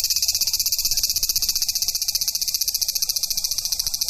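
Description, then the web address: Large brown cicada producing a rapid throbbing sizzle, steady and even. "sikioto insect aburazemi"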